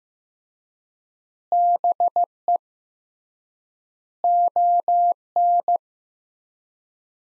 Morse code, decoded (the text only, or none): BE ON